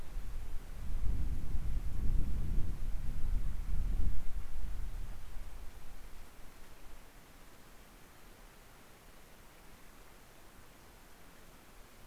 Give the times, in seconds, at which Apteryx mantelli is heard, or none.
none